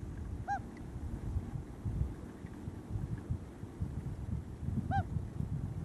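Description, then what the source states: Common Loon hoots: two brief, soft single notes several seconds apart, over a constant low rumbling noise. Hoot, a short soft contact call used only among family members or gathered loons, given by adults to summon chicks to feed.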